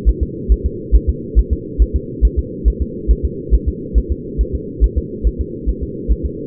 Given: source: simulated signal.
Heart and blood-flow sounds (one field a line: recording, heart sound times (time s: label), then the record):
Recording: fetal heart sounds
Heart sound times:
0.09 s: S1
0.23 s: S2
0.52 s: S1
0.66 s: S2
0.95 s: S1
1.09 s: S2
1.39 s: S1
1.53 s: S2
1.82 s: S1
1.96 s: S2
2.25 s: S1
2.39 s: S2
2.68 s: S1
2.82 s: S2
3.11 s: S1
3.25 s: S2
3.54 s: S1
3.68 s: S2
3.98 s: S1
4.12 s: S2
4.41 s: S1
4.55 s: S2
4.84 s: S1
4.98 s: S2
5.27 s: S1
5.41 s: S2
5.69 s: S1
5.83 s: S2
6.12 s: S1
6.25 s: S2
From the record:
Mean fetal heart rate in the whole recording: 140 bpm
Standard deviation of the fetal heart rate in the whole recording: 2 bpm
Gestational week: 34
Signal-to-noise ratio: -4.1 dB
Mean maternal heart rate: no maternal heart sound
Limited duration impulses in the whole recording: absent